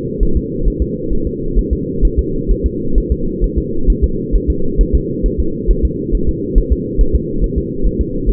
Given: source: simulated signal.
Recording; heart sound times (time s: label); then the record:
fetal heart sounds
0.23 s: S1
0.37 s: S2
0.67 s: S1
0.82 s: S2
1.13 s: S1
1.27 s: S2
1.59 s: S1
1.73 s: S2
2.05 s: S1
2.19 s: S2
2.51 s: S1
2.66 s: S2
2.98 s: S1
3.12 s: S2
3.44 s: S1
3.58 s: S2
3.90 s: S1
4.04 s: S2
4.35 s: S1
4.50 s: S2
4.81 s: S1
4.95 s: S2
5.26 s: S1
5.40 s: S2
5.70 s: S1
5.85 s: S2
6.15 s: S1
6.29 s: S2
6.58 s: S1
6.72 s: S2
7.01 s: S1
7.15 s: S2
7.44 s: S1
7.58 s: S2
7.86 s: S1
8.01 s: S2
8.29 s: S1
From the record:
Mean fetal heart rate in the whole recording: 135 bpm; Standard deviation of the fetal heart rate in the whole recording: 3 bpm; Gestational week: 36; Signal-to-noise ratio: -8.1 dB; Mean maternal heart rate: 72 bpm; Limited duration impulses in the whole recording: absent